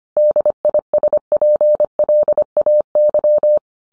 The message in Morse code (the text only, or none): DISPLAY